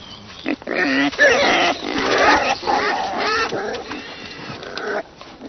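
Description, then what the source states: Wild boars squabbling: overlapping shrill squeals and harsh grunts from several animals in quick succession, quietening toward the end. Several wild boars squabbling after one finds a walnut; social animals gathering in groups in extreme cold.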